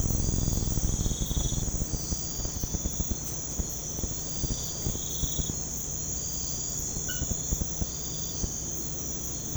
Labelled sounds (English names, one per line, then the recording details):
none
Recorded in pastures near Puerto Asís, Putumayo, Colombia, on 21 March 2025 at 02:00
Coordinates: 0.505, -76.324
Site GP08